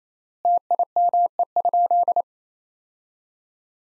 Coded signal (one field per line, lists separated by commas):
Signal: Morse code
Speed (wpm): 28 wpm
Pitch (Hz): 700 Hz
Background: none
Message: TIME?